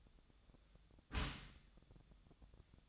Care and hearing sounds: daily activity, microphone in the room; close dishwasher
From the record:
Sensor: 3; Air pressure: 1004.6 hPa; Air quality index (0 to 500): 107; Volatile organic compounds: 4 ppm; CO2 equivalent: 1682 ppm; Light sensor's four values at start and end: 7/17/7/6 and 7/17/7/6

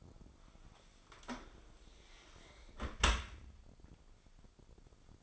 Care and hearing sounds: daily activity, microphone in the room; close dishwasher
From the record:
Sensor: 5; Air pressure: 995.9 hPa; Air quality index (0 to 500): 103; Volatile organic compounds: 7 ppm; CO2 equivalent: 1987 ppm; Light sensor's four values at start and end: 42/100/42/44 and 42/100/42/45

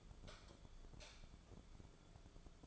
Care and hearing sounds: daily activity, microphone in the room; light off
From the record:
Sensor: 5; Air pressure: 1010.3 hPa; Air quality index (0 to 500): 112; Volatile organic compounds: 2 ppm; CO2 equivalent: 1102 ppm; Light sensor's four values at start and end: 514/1320/545/616 and 513/1315/543/614

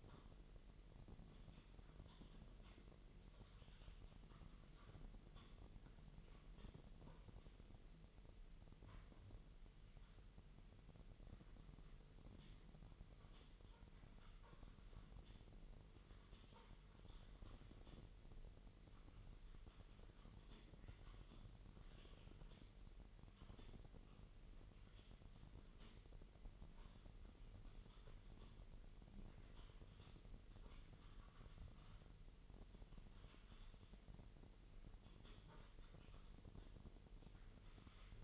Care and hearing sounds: daily activity, microphone in the room; typing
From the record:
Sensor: 4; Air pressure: 1002.9 hPa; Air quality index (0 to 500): 248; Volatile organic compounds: 19 ppm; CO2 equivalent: 2652 ppm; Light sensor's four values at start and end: 5/12/4/5 and 5/12/4/5

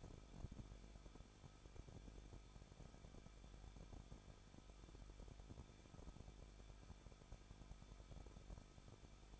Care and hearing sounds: daily activity, microphone in the room; no activity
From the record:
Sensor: 5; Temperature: 20.8 degrees Celsius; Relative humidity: 38.4%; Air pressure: 1006.5 hPa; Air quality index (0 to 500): 191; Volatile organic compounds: 20 ppm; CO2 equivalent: 2701 ppm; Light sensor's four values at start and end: 2/3/1/1 and 2/3/1/1

